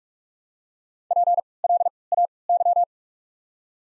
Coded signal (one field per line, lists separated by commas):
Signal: Morse code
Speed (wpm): 46 wpm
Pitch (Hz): 700 Hz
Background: none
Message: PLAY